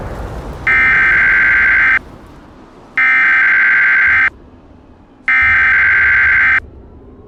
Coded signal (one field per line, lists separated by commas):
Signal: Emergency Alert System (SAME) tones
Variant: header bursts